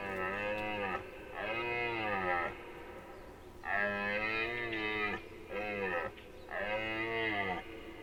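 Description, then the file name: Deer calling in a series of five rich, moaning calls, mostly about a second long, separated by brief pauses. "JELEN"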